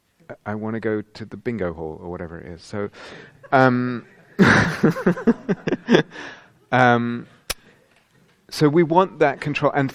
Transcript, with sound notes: I want to go to the bingo hall," or whatever it is. [laughter]
So we want that control.